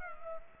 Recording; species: mosquito wingbeat signal from an infrared sensor; Culex pipiens